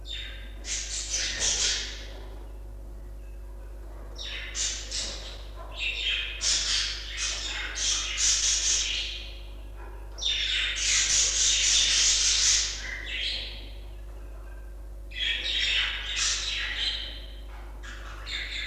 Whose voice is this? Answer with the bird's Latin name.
Melopsittacus undulatus